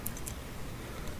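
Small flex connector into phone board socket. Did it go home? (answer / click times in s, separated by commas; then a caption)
yes / 0.1 s, 0.3 s. A small ribbon or board flex connector is pressed gently onto its socket on the board inside a Sprint Palm Pixi phone while WiFi is being added. Two short, bright high-pitched clicks sound at 0.1 s and 0.3 s over a faint low hiss, and the connector snaps in and is seated.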